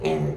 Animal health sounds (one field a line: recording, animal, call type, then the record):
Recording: contact call of a hoofed animal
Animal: pig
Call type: closed-mouth grunt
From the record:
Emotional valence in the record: negative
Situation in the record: short social isolation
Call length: 0.38 s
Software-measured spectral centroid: 1640 Hz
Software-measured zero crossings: 790 a second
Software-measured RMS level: -24 dBFS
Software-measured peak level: -12 dBFS